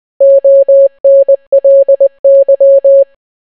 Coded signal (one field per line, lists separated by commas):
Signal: Morse code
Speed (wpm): 20 wpm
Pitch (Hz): 550 Hz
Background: none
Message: ONLY